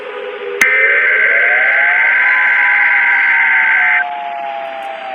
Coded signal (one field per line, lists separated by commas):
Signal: Emergency Alert System (SAME) tones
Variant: header bursts